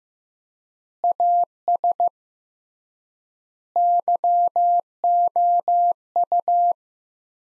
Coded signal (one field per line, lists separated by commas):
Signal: Morse code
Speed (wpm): 15 wpm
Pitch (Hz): 700 Hz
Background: none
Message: AS YOU